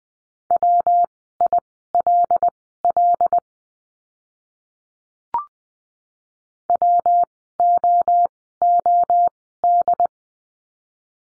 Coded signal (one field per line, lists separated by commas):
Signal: Morse code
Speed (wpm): 20 wpm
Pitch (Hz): 700 Hz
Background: none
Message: WILL WOOD